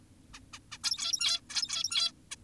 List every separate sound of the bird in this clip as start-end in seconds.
0.34-0.40, 0.53-0.59, 0.72-0.78, 0.84-1.41, 1.50-2.12, 2.32-2.36